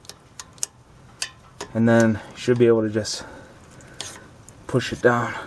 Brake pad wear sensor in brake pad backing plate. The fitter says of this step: you hear a small click and